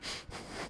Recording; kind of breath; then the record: one breath in and out by a microphone near the nose and mouth; strong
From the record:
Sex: male